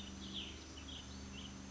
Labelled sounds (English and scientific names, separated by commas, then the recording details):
Cassin's Vireo (Vireo cassinii)
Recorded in Sonoma County, California